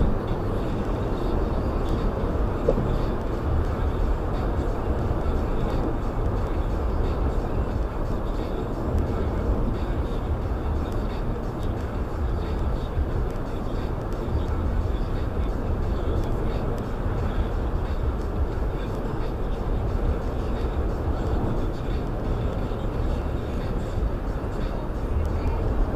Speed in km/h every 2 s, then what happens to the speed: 116, 116, 114, 114, 114, 113, 114, 114, 116, 116, 118, 118, 116.
0-26 steady at about 116.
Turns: none.